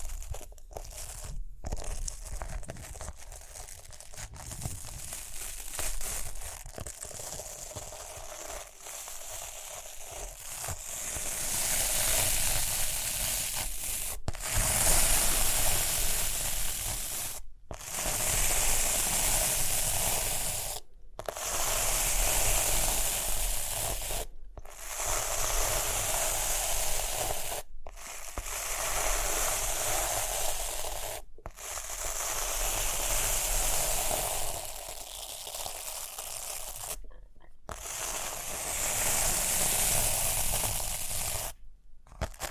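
Rhinestones are scratched and brushed, giving a dense, crackly rasping that fills the sound with bright gritty detail. It comes in strokes of roughly three seconds, each cut off by a brief silence. The first dozen seconds are quieter, and later passes are fuller and louder.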